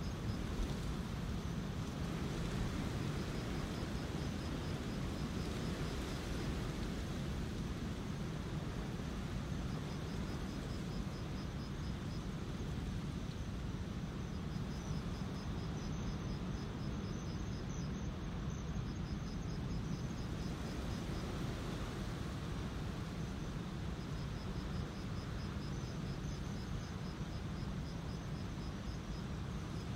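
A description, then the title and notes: Waves make a steady, dense roar that stays constant throughout, heavy in the low end. Above it, crickets chirp in thin, high, evenly pulsed trills that come in repeated bursts every few seconds. This soundscape was taken on the coast in the evening with the sounds of waves and crickets at various degrees of intensity. Gentle fade in and out.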